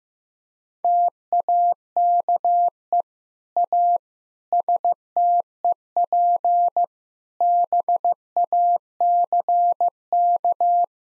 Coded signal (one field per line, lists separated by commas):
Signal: Morse code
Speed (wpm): 15 wpm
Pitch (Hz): 700 Hz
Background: none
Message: TAKE A STEP BACK